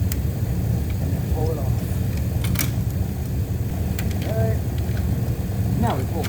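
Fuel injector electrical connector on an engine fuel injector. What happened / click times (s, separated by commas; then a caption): The connector lock clicked open / 0.1 s. On a 2017 Chrysler Pacifica 3.6L during an oil cooler replacement, the red locking tab on a fuel injector's plastic electrical connector is pulled up and the connector release is pushed in until it clicks at 0.1 s, releasing the lock so the connector can be pulled off the injector. A steady low hum runs underneath while someone talks, with a few more short ticks around 2.4, 2.6 and 4.0 s.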